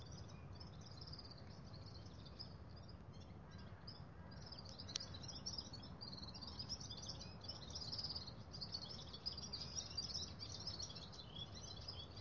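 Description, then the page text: Red-fronted serin pouring out a rapid, high-pitched tinkling twitter without pause, over a constant low rumbling background noise. Recorded in Ladakh. "red fronted serin – Birds of Ladakh"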